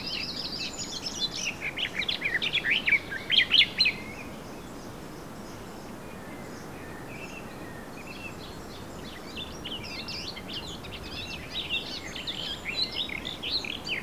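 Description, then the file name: Eurasian blackcap song: a fast warble for about four seconds, growing louder, then quieter scattered warbled phrases. "Sylvia atricapilla"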